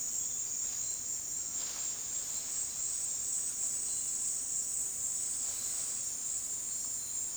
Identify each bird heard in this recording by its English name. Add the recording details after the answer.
none. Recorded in dense forest near Puerto Asís, Putumayo, Colombia, on 21 February 2024 at 17:30. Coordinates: 0.466, -76.327. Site G6413